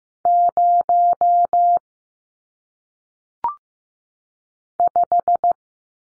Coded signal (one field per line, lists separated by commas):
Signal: Morse code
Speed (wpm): 15 wpm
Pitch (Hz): 700 Hz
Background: none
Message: 0 5